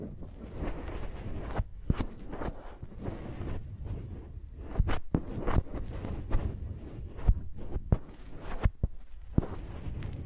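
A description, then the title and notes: Microphones are tapped and dragged like pencils, giving scratchy, rustling scrapes over a low rumbling handling sound. Sharp clicks and taps break through irregularly, bunched near 1.5–2 seconds, around 5, and between 7 and 9.5 seconds. No voice is heard. ASMR Using Mics as Pencils (No Talking).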